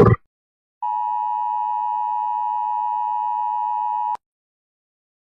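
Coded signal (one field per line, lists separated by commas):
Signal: Emergency Alert System (SAME) tones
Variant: 853 and 960 Hz attention tone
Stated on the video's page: Remastered Egypt emergency alert alarm.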